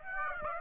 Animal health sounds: mosquito wingbeat signal from an infrared sensor; Aedes aegypti

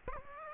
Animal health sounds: mosquito wingbeat signal from an infrared sensor; Aedes aegypti

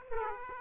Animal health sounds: mosquito wingbeat signal from an infrared sensor; Aedes aegypti

